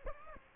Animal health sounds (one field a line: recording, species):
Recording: mosquito wingbeat signal from an infrared sensor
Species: Aedes aegypti